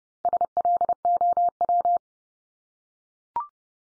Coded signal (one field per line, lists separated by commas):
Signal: Morse code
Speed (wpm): 30 wpm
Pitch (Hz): 700 Hz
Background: none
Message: SLOW